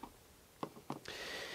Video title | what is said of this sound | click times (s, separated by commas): Diesel air heater Planar 44D-12 4 kw, 12v installation in a boat tutorial. | to mount it or the actual mounting bracket which is bolted on and it just snaps into place | 0.6 s, 0.9 s